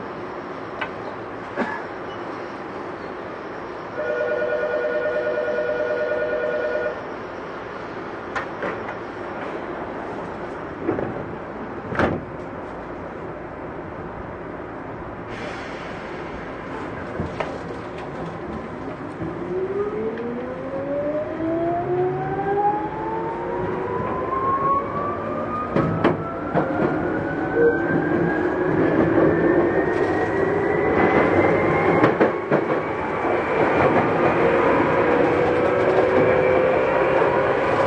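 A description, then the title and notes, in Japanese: A Tokyu 8500 series train running between Omotesando and Azamino, with a steady rumble and clicks of the wheels over rail joints. Around four to seven seconds a pitched tone chimes, and from about nineteen seconds a motor whine rises in pitch as the train speeds up and grows louder. 東急8500系 表参道〜あざみ野。東京メトロ→東急区間の録音です。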